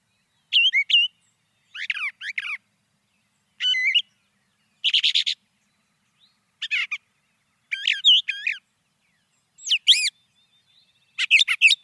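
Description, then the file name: Brown thrasher song of varied phrases separated by short silences. "suara-kicauan-brown-thrasher 2-omkicau"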